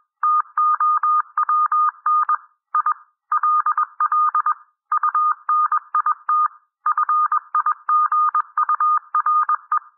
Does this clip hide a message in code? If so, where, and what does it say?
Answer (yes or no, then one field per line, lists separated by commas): yes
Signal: Morse code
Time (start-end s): 0.2-9.8 s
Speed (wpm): 21 wpm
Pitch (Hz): 1220 Hz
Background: none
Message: TOWN I LL UNIT FIGURE